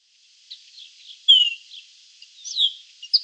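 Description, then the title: Baywing calls: a quick run of high, sweet chirps with a clear downslurred whistle and several bright twittering notes. "LuckyPassaro Completos2Sama. Baywing (Agelaioides badius)"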